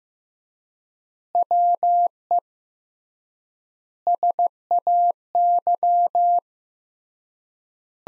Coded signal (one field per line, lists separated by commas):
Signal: Morse code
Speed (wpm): 15 wpm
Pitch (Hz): 700 Hz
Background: none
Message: WE SAY